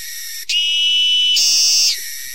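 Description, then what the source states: Cicada (Maua albigutta): a piercing, sustained high whistle-like tone that jumps abruptly to a higher pitch partway through, then stops, leaving a fainter tone to the end. Singing cicada from Southeast Asia; piercing tone; courtship call; the small cicada contracts its body abruptly each time to produce the loud intermediate tones.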